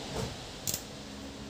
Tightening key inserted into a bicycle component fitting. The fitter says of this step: va a inserire all'interno e sentite, fa dei click,